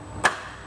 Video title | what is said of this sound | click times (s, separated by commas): Installing New Rizoma Aluminum Foot Pegs on a Vespa GT-GTS | we could check the operation of the foot peg works perfect snaps | 0.2 s